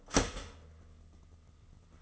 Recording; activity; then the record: daily activity, microphone in the room; start toaster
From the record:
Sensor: 4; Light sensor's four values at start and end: 12/29/11/12 and 12/29/11/12